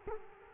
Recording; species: mosquito wingbeat signal from an infrared sensor; Culex quinquefasciatus